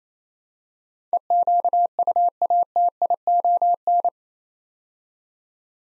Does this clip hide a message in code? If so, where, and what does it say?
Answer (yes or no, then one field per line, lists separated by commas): yes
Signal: Morse code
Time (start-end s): 1.1-4.1 s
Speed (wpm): 28 wpm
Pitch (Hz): 700 Hz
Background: none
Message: EQUATION